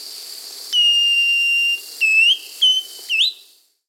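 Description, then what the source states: Thrush-like schiffornis song: a long steady whistle followed by three shorter whistles, the second and last slurring upward. South America.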